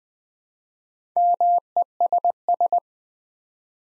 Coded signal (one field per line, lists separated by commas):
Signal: Morse code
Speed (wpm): 20 wpm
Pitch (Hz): 700 Hz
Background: none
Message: MESS